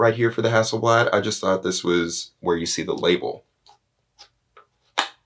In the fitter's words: you can hear that snap it locks in it's on